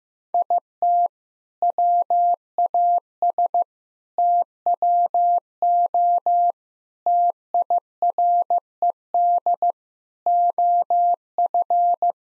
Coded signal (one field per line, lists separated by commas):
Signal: Morse code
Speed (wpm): 15 wpm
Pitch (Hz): 700 Hz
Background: none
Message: IT WAS TWO TIRED OF